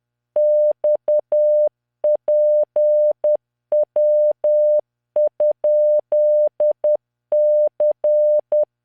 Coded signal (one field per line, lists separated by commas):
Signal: Morse code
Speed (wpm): 10 wpm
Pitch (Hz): 600 Hz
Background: none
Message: XPW?C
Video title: tamanのモールス練習動画28（モールス信号 速度10WPM morse code)